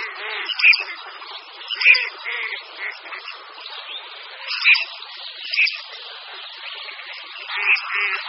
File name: Zrzohlávka-rudozobá